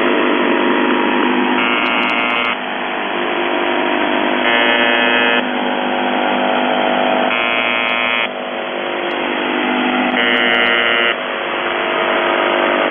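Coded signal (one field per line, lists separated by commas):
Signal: channel marker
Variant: UVB-76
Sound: four harsh one-second buzzes, about three seconds apart, over steady radio hiss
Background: radio static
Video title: The Buzzer/UVB-76(4625Khz) October 4, 2021 13:11UTC Voice message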